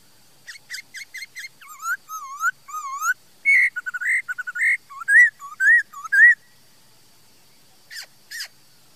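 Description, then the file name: Laughingthrush song: short repeated notes building into loud swooping whistled phrases, then silence broken by two brief sharp notes. "Tieng khuou hot"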